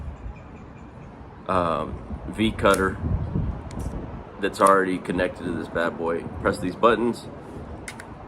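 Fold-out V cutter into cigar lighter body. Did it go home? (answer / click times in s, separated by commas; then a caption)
yes / 7.9 s, 8.0 s. Someone talks while pressing the release buttons on a butane cigar lighter and pushing its fold-out V cutter back into the lighter body. Two sharp clicks at 7.9 s and 8.0 s mark the cutter locking in place, fully seated.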